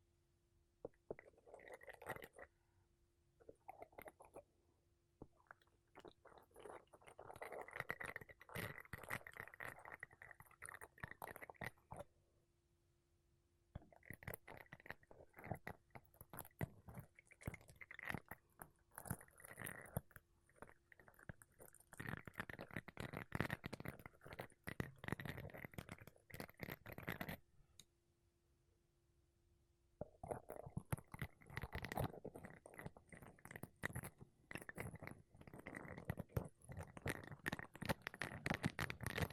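Makeup brushes and a sponge brush against a microphone in dense, scratchy bursts of rapid strokes, with near-silent pauses around 12–14, 27–30 seconds. The rustling is soft and airy, with some low thumps, and a faint steady hum runs underneath.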